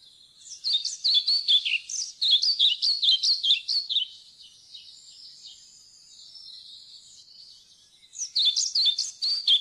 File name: svarthvit fluesnapper